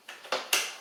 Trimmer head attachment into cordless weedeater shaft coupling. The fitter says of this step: Slide this head on. And it should lock into place like so.